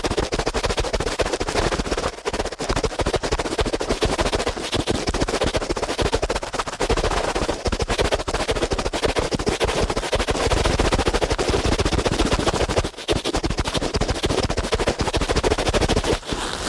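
Ear cleaning at a frantic pace, right against the microphone: a dense, rapid stream of scratchy crackles and rubbing that barely pauses. The gritty texture rattles like rapid fire over a low thudding, with brief dips around 2 and 13 seconds.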